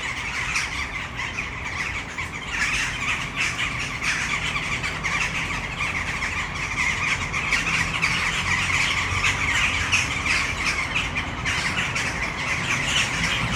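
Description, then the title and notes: Western jackdaws in a noisy roost chorus, countless short metallic 'chak' calls overlapping and swelling slightly after the first few seconds, above a low traffic rumble. A flock of many western jackdaws in a tree in the city centre of Brno, Czech Republic, recorded at sunset. "Brno-střed-Brno-město, Česko - Western jackdaws at sunset. A tree full of jackdaws in the city center of Brno"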